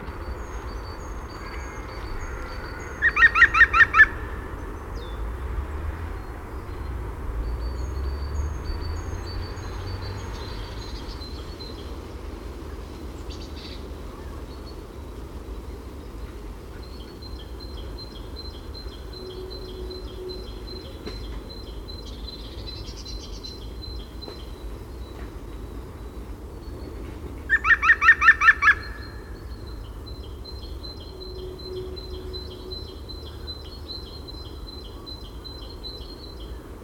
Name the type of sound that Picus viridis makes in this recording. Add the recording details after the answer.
call. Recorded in the wild. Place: Schorfheide, Brandenburg, DE. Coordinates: 52.907, 13.531. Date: 1990-02-18. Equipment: Nagra III BH, Sennheiser MD 21, parabola. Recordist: Schubert, Michael